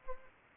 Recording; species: mosquito wingbeat signal from an infrared sensor; Anopheles gambiae